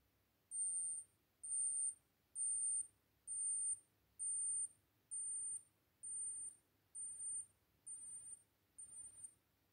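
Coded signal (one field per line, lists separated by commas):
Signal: beep code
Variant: digital thermometer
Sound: ten short, shrill high-pitched beeps at a steady pace, about one per second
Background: low room hum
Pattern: 10 short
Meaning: The thermometer signals that its reading is complete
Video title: Acoustic Experience 8 – Badly designed thermometer-beeps wake up my agush baby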